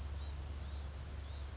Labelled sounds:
Blue-gray Gnatcatcher
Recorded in Sonoma County, California

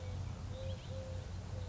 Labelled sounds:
Eurasian Collared Dove
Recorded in Sonoma County, California

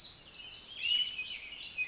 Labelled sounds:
Pacific Wren
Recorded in Sonoma County, California

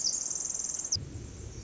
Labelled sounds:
Pacific Wren
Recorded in Sonoma County, California

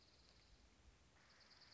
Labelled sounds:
Dark-eyed Junco
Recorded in Sonoma County, California

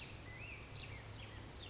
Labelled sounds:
Black-headed Grosbeak
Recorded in Sonoma County, California

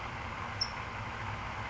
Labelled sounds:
California Towhee
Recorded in Sonoma County, California

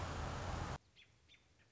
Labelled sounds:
American Robin
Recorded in Sonoma County, California

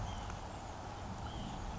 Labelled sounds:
White-breasted Nuthatch
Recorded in Sonoma County, California

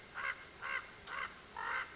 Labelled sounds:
Common Raven
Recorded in Sonoma County, California

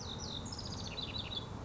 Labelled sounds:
House Wren
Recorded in Sonoma County, California

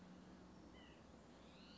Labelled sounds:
White-breasted Nuthatch
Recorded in Sonoma County, California

